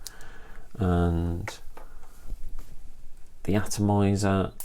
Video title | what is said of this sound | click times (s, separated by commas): Lidl Fragrances for Men, Fragrance Haul #lidl #fathersdaygift #lidlaftershave | the cap is light and plastic it does click into place | 0.1 s